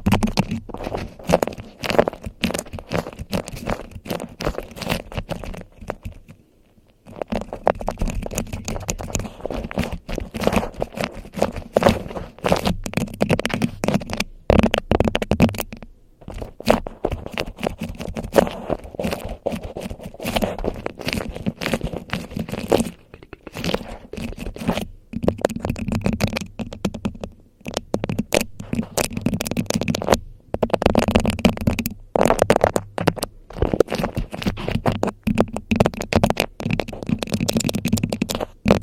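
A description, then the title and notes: Fast, aggressive ASMR triggers: rapid crinkling, scratching and crunching of beeswax wrap with fiddly fidget-toy clicks, packed densely with hardly a pause. The busy texture runs steadily throughout, broken by short silent gaps near 6–7, 16 and 27 seconds. ASMR Unpredictable Fast & Aggressive Trigger Assortment. Fast & Aggressive Trigger Assortment (Beeswax Wrap, Mic Triggers, Fidget Toys).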